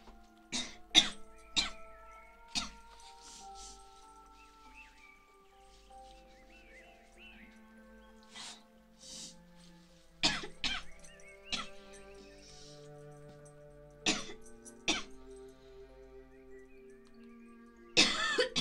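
An adult woman gives about ten short, sharp coughs in scattered bursts, some in quick pairs, over soft background music. They are dry and explosive, with a little throat clearing, and come with a persistent urge to keep coughing.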